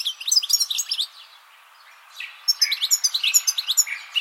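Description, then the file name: European goldfinch twittering call, a rapid run of bright tinkling notes, a pause of about a second, then another lively burst of liquid chirps. "Carduelis carduelis"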